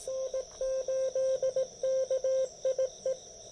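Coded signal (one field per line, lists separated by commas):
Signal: Morse code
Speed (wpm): 18 wpm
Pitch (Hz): 530 Hz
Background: none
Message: N8KIE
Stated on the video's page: Park activation.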